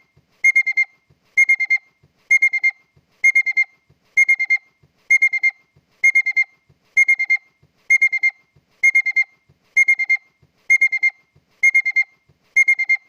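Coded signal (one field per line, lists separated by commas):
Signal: alarm pattern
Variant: Honda car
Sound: bursts of four quick high beeps, repeating about every second, fourteen groups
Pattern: 4 short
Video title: honda car alarn ignition/alarm beeps sound effect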